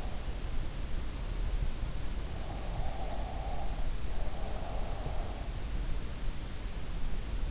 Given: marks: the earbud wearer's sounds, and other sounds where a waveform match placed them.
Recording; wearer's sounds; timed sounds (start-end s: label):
sounds in sleep by an in-ear microphone; breath
2.51-5.22 s: breath